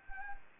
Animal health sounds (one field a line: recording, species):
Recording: mosquito wingbeat signal from an infrared sensor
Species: Anopheles arabiensis